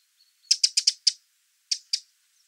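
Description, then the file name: Eurasian wren giving hard, dry ticking calls: a fast run of five clicks, a short pause, then two more. "Troglodytes troglodytes"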